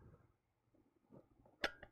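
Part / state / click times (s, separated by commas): kit lens onto spotlight projection attachment / not seated / none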